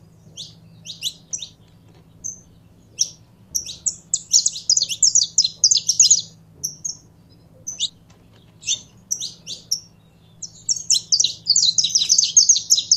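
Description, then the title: Canary delivering high chirps that build into fast rolling trills, with short gaps between runs; a soft low hum underneath. Song of a purebred Belgian canary. "Canto Do Canário Belga Puro"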